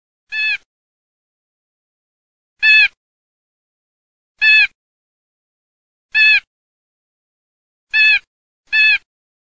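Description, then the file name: Eurasian coot uttering short, clipped, nasal single notes, six of them, mostly about every one and a half to two seconds, the last two closer together, with silence between. "FOLAGA"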